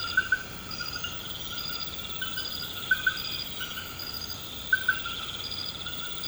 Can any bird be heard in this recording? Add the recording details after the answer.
no. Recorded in pastures near Puerto Asís, Putumayo, Colombia, on 19 March 2025 at 00:00. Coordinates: 0.472, -76.329. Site G074